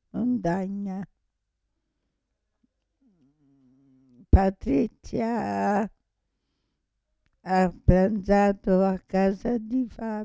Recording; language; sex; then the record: read phrases; Italian; female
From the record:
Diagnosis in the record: Parkinson's disease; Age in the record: 65 years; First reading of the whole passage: 242 s, 2.1 characters per second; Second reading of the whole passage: 180 s, 2.9 characters per second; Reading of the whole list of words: 168 s, 1.7 characters per second